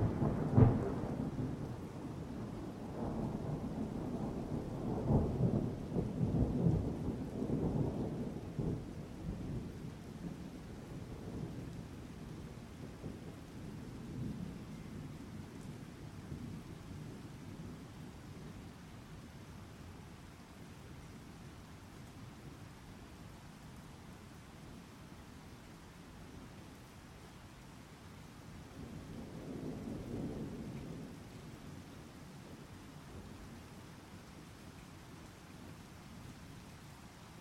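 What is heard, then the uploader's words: Steady rain falls on pavement and city surfaces, a soft, even hiss throughout. Deep, rolling rumbles dominate the first ten seconds or so, then fade, leaving quieter rain until a lower, briefer swell rises again around the thirty-second mark. Rainy Day in the City: Capturing the Mood of a Stormy Sky. Rain on pavement, buildings, and other urban surfaces.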